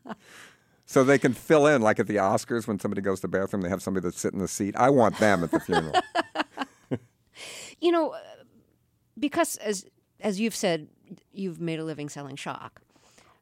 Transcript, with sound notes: So they can fill in, like at the Oscars when somebody goes to the bathroom, and they have something that sits in the seat. I want them at the funeral.
(Laughter). You know, because, as you've said, you've made a living selling shock...